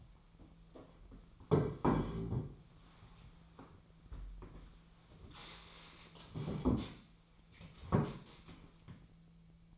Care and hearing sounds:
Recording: daily activity, microphone in the room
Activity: sit down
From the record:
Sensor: 1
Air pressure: 1008.2 hPa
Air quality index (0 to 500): 192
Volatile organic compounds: 17 ppm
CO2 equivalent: 2599 ppm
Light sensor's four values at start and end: 14/36/15/16 and 15/37/15/17

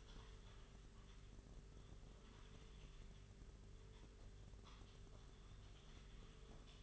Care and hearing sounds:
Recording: daily activity, microphone in the room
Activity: typing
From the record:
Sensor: 4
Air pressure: 991.8 hPa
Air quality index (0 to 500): 120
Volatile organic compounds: 27 ppm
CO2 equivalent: 2880 ppm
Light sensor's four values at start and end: 19/65/24/24 and 19/65/24/24

